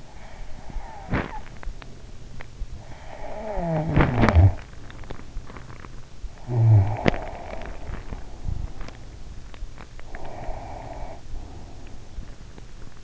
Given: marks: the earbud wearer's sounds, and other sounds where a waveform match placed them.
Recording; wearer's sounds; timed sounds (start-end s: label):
sounds in sleep by an in-ear microphone; snoring breath, teeth grinding, breath
0.00-1.70 s: snoring breath
1.01-2.72 s: teeth grinding
2.84-5.93 s: snoring breath
3.75-6.08 s: teeth grinding
6.36-9.36 s: snoring breath
7.01-13.04 s: teeth grinding
10.00-12.60 s: breath